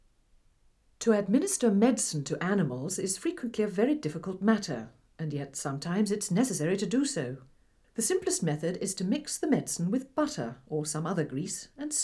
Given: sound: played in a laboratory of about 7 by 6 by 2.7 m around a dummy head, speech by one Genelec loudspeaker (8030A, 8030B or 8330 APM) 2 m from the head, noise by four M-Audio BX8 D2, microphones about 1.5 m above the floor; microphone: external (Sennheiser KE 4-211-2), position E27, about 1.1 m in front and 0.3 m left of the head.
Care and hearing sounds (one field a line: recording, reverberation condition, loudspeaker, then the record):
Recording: female speech in English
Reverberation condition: low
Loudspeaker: 30 degrees to the left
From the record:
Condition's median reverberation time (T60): about 310 ms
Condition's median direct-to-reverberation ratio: about 3.5 dB